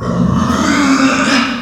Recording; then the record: squeal of a Yucatan mini pig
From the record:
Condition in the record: after surgery on the right vocal fold (resection and tissue-engineered implant); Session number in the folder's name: 11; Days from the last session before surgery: 98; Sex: female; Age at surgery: 19 weeks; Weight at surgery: 25 kg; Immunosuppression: prednisolone